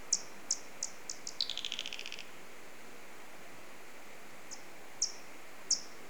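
Alcathoe bat echolocation: a few sharp chirps, then a quick rattle of pulses falling in pitch and fading, a pause, and three more spaced chirps over background hiss.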